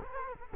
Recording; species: mosquito wingbeat signal from an infrared sensor; Culex quinquefasciatus